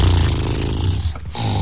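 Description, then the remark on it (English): A horse sleeping in its stable snores in a deep, rough rumble that drones on steadily, breaks off briefly near the end, then resumes just as loud. “Oh, he's asleep.”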